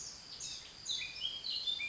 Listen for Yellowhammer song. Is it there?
no